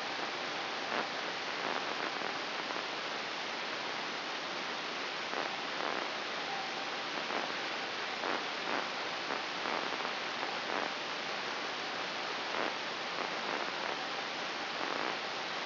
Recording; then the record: brain microelectrode recording played as sound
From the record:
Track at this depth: inside the subthalamic nucleus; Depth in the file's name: 5.934 mm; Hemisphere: right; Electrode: 2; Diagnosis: Parkinson's disease